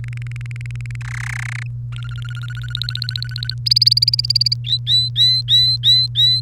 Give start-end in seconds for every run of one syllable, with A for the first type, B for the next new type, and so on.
0.04-0.96 A, 1.01-1.63 B, 1.92-3.54 C, 3.66-4.54 D, 4.64-6.40 E